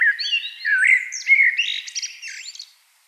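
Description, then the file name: Eurasian blackbird song: a mellow fluted warble near the start, then a squeaky high twitter before fading out. "Turdus merula"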